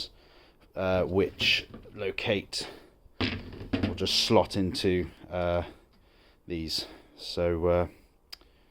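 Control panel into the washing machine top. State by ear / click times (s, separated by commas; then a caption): seated / 8.3 s. Someone talks while reinstalling the plastic control panel on a Miele W1613 washing machine, being repaired for an intermittent drain fault and code F51 caused by a blocked pressure sensor chamber. The panel's three pegs are slotted into the machine's top at about 45 degrees and the panel is folded down. A sharp click at 8.3 s marks it seating into place.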